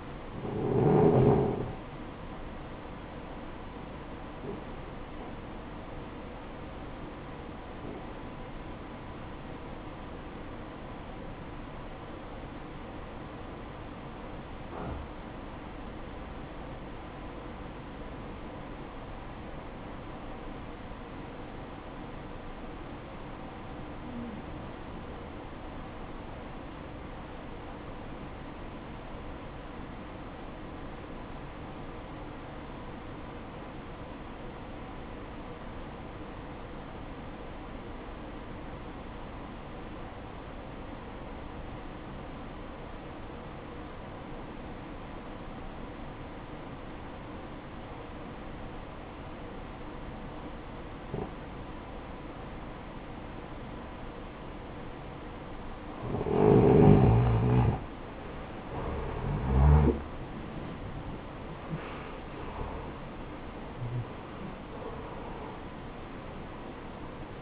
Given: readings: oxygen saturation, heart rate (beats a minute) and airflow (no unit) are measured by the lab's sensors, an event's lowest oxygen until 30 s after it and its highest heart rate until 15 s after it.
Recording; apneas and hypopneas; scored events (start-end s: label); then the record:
breathing in sleep by a voice recorder at the bedside; 1
13.00-58.20 s: obstructive apnea (REM, oxygen 94% highest, then 84% lowest, heart rate 58 at the start, 87 highest)
From the record:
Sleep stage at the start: REM sleep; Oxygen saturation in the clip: 79 to 94%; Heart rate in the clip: 47 to 87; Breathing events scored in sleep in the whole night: 573 in 9.8 hours asleep